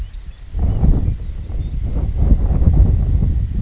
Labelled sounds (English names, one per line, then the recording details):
Lapland Longspur
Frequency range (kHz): Lapland Longspur 2.2-6.4 kHz
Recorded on Arctic tundra, site IGLO-D, on 25 June 2018
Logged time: 08:00